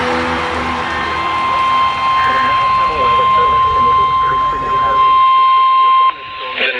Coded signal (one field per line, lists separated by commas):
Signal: Emergency Alert System (SAME) tones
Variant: 1050 Hz attention tone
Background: speech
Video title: WE GOT 70 MPH WIND GUSTS (EAS Alerts: #199 - 213) - 4/24/21